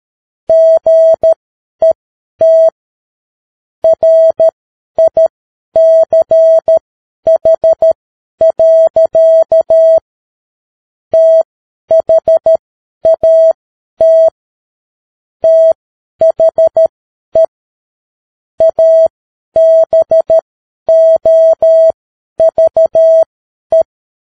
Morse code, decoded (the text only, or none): GET RICH. THAT THE ABOVE